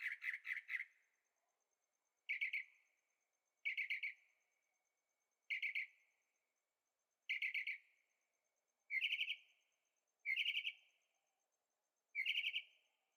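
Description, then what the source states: Bird calling in short clusters of two to four quick chirps, repeated roughly every one and a half to two seconds. Singing at night in Carefree, Arizona; recorded with a Zoom H6 and stereo microphones.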